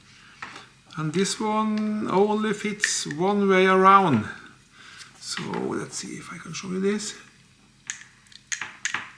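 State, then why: Seated. Someone talks while fitting a magnetic charging cable connector onto the charging port of an Aliexpress camera remote for the Insta360 X5/X4/X3/GO3S/AcePro2, a connector that only fits one way around. After a few small handling ticks, it snaps into place with a crisp, satisfying click at 8.9 s, and the connector is seated.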